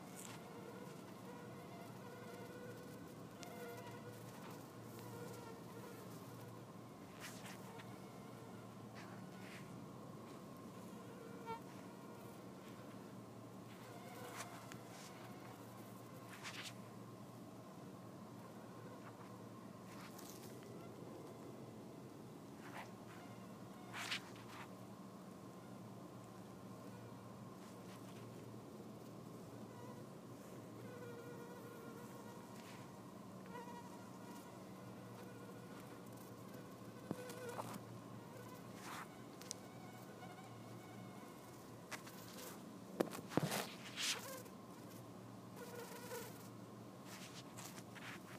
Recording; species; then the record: mosquito flight sound by mobile phone; Anopheles albimanus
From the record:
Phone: iPhone 4S